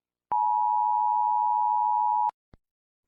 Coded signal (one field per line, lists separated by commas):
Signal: Emergency Alert System (SAME) tones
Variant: 853 and 960 Hz attention tone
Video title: 10/29/93 EAS